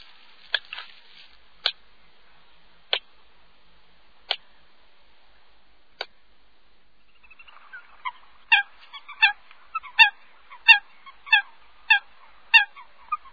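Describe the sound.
Eurasian coot: a few scattered clicks at first, then a run of sharp, nasal, yelping notes repeated about one and a half times a second.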